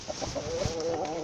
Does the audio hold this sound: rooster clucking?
yes